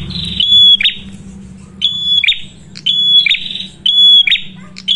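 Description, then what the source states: Prinia calls: shrill ringing notes ending in a buzzy flourish, repeated roughly every second, with a low steady hum beneath. Red-headed prenjak singing prolifically (gacor); recording used as a lure (pancingan) for catching birds and as a training master.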